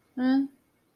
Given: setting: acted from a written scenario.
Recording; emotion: vocal sound without words; neutral